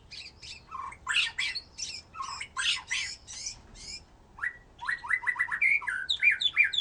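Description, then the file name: White-rumped shama song in two bursts: harsh, rasping notes first, then a quick series of bright rising whistles and chips. "murai batu"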